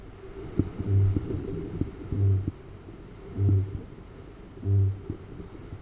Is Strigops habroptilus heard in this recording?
yes